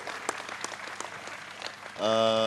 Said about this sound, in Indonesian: Sekali lagi tepuk tangan untuk Gus Ipul.